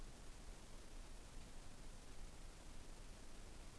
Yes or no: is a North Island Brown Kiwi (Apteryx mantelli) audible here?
no